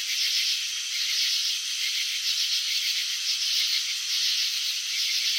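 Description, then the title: Continuous cricket chirping, a high fine-grained trill that stays even from start to finish. Crickets chirping, filmed in slow motion; wing vibrations and antenna movements shown. "Crickets in Slow Motion 📷. Capturing the Elegance of Chirping"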